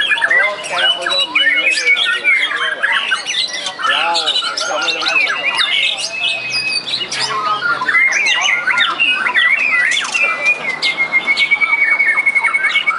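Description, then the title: White-rumped shama, a long run of varied song: quick chattering phrases and bent whistles, then a steady high trill near the end. "murai batu"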